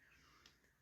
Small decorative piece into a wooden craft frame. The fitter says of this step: And then that should just snap right in. And it does. Okay.